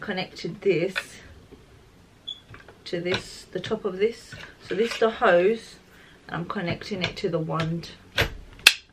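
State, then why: Seated. Someone talks while pushing the plastic hose end of a Shark Anti Allergy vacuum cleaner onto its wand, with a few faint taps around 2.3 to 2.7 seconds. A sharp, loud click at 8.7 seconds marks the hose locking into place on the wand, so it is seated.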